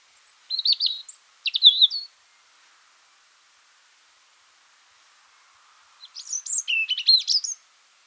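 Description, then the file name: European robin singing, two short bursts of high thin warbled and trilled notes separated by about four seconds of silence. "Erithacus rubecula"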